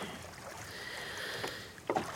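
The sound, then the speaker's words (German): Oars pulling through water, with a steady wash of rippling noise and a couple of splashy strokes, the sharpest one coming right at the end. “Aber hören Sie doch mal auf zu rudern.”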